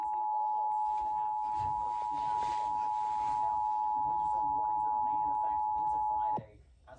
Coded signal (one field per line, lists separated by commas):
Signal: Emergency Alert System (SAME) tones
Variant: 853 and 960 Hz attention tone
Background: speech